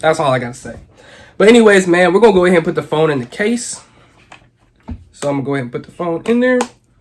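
An iPhone 15 Pro Max is handled as it is about to be pressed into a clear plastic dbrand Ghost protective case while someone talks. Brief, faint handling sounds come between about 4.3 and 4.9 s in a pause in the talking. Nothing has seated or snapped into place yet.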